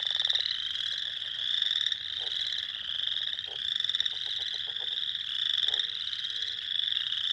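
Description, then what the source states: Spring peepers in full chorus, shrill piping peeps overlapping continuously, with occasional brief lower clicks and short faint notes beneath. Recorded 2021-04-06.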